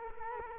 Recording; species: mosquito wingbeat signal from an infrared sensor; Culex quinquefasciatus